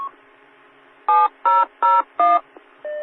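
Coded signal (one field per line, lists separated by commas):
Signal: DTMF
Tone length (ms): 200 ms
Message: 7001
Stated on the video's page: 2-meter SkyWarn severe weather net on 145.490 MHz.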